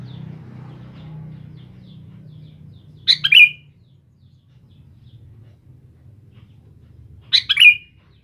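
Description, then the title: Sooty-headed bulbul giving two short bubbly phrases of quick chirpy notes about four seconds apart, with a faint low rumble beneath. "Kutilang"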